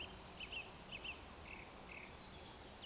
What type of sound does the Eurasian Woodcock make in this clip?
whistle